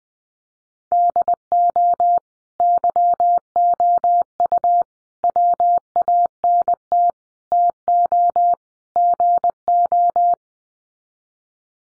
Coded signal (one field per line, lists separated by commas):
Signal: Morse code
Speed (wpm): 20 wpm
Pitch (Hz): 700 Hz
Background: none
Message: DO YOU WANT TO GO